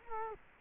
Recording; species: mosquito wingbeat signal from an infrared sensor; Culex quinquefasciatus